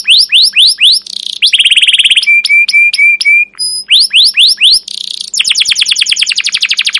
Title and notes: CUIT CUIT NGEROL LANGSUNG GACOR PANJANG Kenari Ini Utk Pancingan KENAR. PANCINGAN Kenari GACOR PANJANG Cuit CUIT EMOSI ini utk MASTERAN Kenari PAUD belajar BUNYI. burung kenari